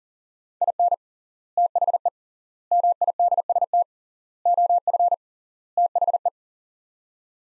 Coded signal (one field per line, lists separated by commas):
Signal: Morse code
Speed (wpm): 40 wpm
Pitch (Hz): 700 Hz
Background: none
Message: IN THE MIDST OF THE